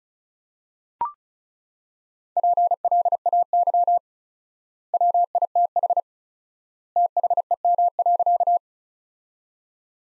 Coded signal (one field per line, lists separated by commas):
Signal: Morse code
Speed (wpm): 36 wpm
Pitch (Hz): 700 Hz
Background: none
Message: PLAY WITH THEM.